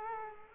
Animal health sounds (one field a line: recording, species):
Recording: mosquito wingbeat signal from an infrared sensor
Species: Culex quinquefasciatus